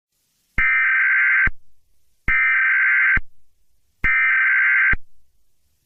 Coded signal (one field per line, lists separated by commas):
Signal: Emergency Alert System (SAME) tones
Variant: header bursts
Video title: EAS scenario | Second American Civil War | pt 2